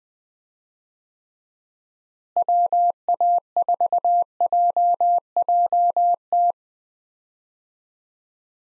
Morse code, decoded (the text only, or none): WA4JJT